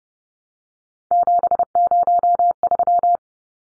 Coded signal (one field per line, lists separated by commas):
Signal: Morse code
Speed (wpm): 30 wpm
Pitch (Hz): 700 Hz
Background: none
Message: 703